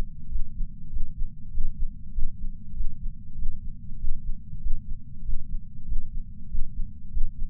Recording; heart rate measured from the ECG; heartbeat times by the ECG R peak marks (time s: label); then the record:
heart sounds by patch sensor on the chest; 97 bpm
0.28 s: heartbeat
0.89 s: heartbeat
1.50 s: heartbeat
2.12 s: heartbeat
2.73 s: heartbeat
3.35 s: heartbeat
3.97 s: heartbeat
4.59 s: heartbeat
5.22 s: heartbeat
5.85 s: heartbeat
6.48 s: heartbeat
7.10 s: heartbeat
From the record:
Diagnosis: coronary artery disease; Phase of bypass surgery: preoperative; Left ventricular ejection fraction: 69.2%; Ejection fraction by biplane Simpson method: 67.6%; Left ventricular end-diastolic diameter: 44 mm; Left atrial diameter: 34 mm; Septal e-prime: 8.5 cm/s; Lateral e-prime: 9.7 cm/s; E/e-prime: 11.5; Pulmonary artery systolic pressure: 27 mmHg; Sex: male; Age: 74 years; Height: 168 cm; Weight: 55 kg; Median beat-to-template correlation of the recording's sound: 0.94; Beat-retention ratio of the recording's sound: 0.99